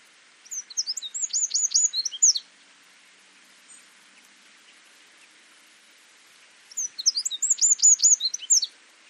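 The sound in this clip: Eurasian wren song: two bursts of very high, rapid, rattling trills and sharp notes, each about two seconds long, separated by four seconds of quiet.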